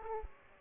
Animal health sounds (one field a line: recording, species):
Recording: mosquito wingbeat signal from an infrared sensor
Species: Aedes aegypti